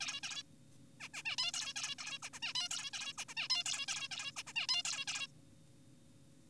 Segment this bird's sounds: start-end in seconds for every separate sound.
0.01-0.21, 0.23-0.43, 1.00-1.09, 1.14-1.23, 1.25-1.36, 1.38-1.52, 1.54-1.73, 1.76-1.95, 1.99-2.19, 2.23-2.29, 2.33-2.39, 2.43-2.53, 2.55-2.69, 2.71-2.91, 2.93-3.13, 3.18-3.25, 3.29-3.34, 3.37-3.47, 3.50-3.64, 3.66-3.85, 3.88-4.08, 4.11-4.32, 4.37-4.43, 4.47-4.53, 4.56-4.67, 4.69-4.83, 4.85-5.05, 5.07-5.27